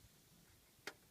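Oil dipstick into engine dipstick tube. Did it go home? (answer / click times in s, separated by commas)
yes / 0.9 s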